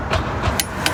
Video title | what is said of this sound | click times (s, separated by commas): Honda Accord 1.5t Upper Torque Motor Mount Install | There you go. Perfect. That's one click. | 0.6 s